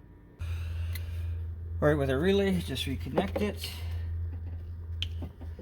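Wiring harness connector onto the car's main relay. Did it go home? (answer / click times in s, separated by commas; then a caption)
yes / 5.0 s. A wiring harness plug is pushed back onto a new main relay under the dash of a 2000 Honda Civic, replaced to fix an intermittent crank-no-start condition and random shutoffs. Someone talks over a steady low hum, then a single sharp snap at 5.0 s marks the connector seating on the relay.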